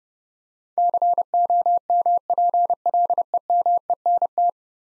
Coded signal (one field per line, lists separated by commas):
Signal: Morse code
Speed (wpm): 31 wpm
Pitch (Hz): 700 Hz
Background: none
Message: COMPLEMENT